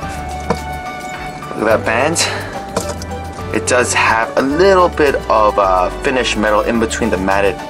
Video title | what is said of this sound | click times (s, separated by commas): Orient Executive CFD0E001W Automatic Watch | Once you want the lock to be engaged again, just fold it until you hear a click. | 0.5 s